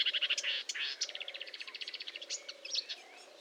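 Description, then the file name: Marsh warbler song, fast rattling trills of rapid high notes in short bursts. Recorded at Fourneau, Fontaine-Française, France, on 1 June 2022 at 10:55, using a Nagra recorder with a Telinga. "Rousserolle verderolle 1055 Fontaine-Francaise-Fourneau"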